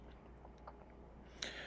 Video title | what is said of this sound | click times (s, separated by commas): 2013 Subaru Outback Carpet Install | but they snap into place and they're going to hold down the carpet there are uh protrusions | 1.4 s